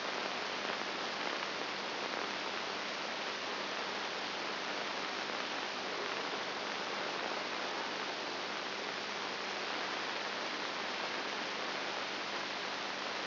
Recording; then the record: brain microelectrode recording played as sound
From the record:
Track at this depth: inside the subthalamic nucleus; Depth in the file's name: 4.301 mm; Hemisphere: right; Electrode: 2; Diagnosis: Parkinson's disease